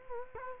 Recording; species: mosquito wingbeat signal from an infrared sensor; Culex quinquefasciatus